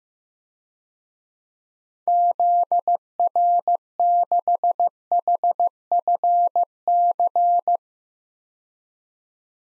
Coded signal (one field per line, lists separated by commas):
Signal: Morse code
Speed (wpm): 15 wpm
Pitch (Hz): 700 Hz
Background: none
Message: ZR6HFC